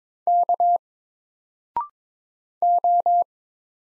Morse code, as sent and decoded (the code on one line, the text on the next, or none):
-.- / ---
K O